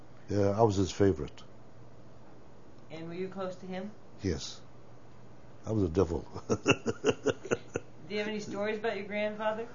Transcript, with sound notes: Yeah, I was his favorite.
And were you close to him?
Yes, I was devil. (he laughs)
Do you have any stories about your grandfather?